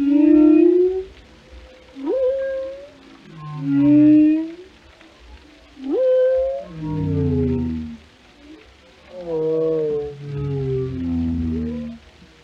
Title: Journey to the Depths: Discovering the World of Whales